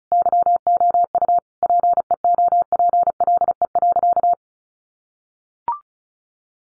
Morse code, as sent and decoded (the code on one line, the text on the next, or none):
-.-- --- ..- / .--. . --- .--. .-.. . .-.-.-
YOU PEOPLE.